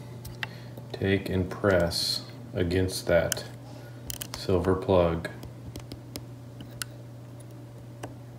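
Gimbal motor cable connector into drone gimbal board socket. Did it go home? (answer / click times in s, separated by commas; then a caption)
yes / 6.8 s. During a repair of a shaky gimbal on a Hubsan Zino drone, the small gimbal motor cable connector with a silver plug is pressed into its socket on the gimbal board, apparently because it had come loose. Someone talks, followed by a few small ticks and then a sharp click at 6.8 s as the connector seats.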